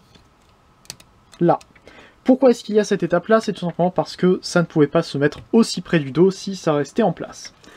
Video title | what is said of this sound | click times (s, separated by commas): Leader's Legoformers : JAZZ (Allspark Assembly) | vient tirer ses pièces ici et ça vient se clipser là | 0.9 s